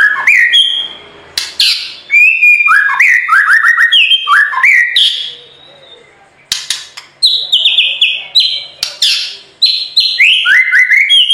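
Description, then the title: White-rumped shama in full song, mixing loud fluty whistles and quick trills with sharp harsh notes, broken by a short pause. Training recording (masteran) of full, continuous rolling song (ngerol) with sharp, forceful phrases (nembak). "Masteran Murai Batu Full Ngerol Nembak"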